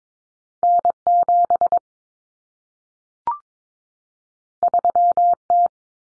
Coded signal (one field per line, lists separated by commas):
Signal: Morse code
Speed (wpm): 22 wpm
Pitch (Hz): 700 Hz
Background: none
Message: N7 3T